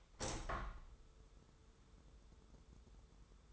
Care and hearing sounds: daily activity, microphone in the room; open window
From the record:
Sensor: 3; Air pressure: 995.7 hPa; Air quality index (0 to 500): 93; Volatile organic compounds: 11 ppm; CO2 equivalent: 2316 ppm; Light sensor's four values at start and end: 27/82/34/30 and 28/83/35/31

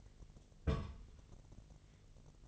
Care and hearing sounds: daily activity, microphone in the room; place on stove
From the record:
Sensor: 4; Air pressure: 1000.1 hPa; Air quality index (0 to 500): 221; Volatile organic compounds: 26 ppm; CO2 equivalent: 2854 ppm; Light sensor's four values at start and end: 9/19/8/7 and 9/20/8/7

